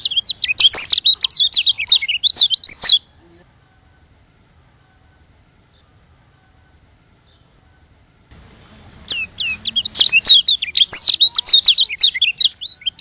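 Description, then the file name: White-eye song in two bursts of fast, sweet, high twittering, the first about three seconds long, then a quiet gap of five seconds before a longer second burst. From Lombok. "burung kecial lombok"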